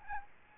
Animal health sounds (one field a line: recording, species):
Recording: mosquito wingbeat signal from an infrared sensor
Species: Aedes albopictus